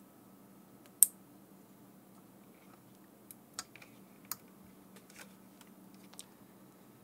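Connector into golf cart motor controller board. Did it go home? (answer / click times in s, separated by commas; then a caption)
partly / 1.0 s. A connector is pushed back onto the transplanted circuit board of an ACTER 48V AC golf cart motor controller during reassembly, giving a sharp, loud click at 1.0 s. Several fainter clicks and taps follow between about 3.3 and 6.2 s over a low steady hum, but the connector is still not fully seated on the controller board.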